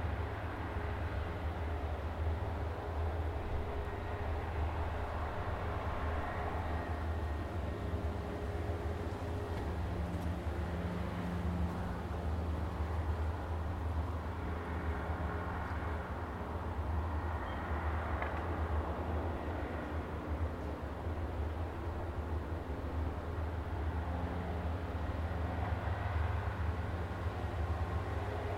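Outside overlooking Tamarama Beach near Bondi, Sydney, a dense, steady low rumble fills the whole clip. Softer hissing swells rise and fall over it every several seconds, like surf washing in, with a faint engine-like hum underneath throughout.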